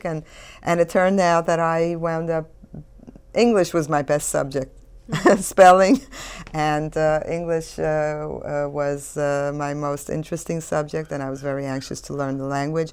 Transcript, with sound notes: And it turned out that I wound up; English was my best subject. (She laughs.) Spelling and English was my most interesting subject and I was very anxious to learn the language.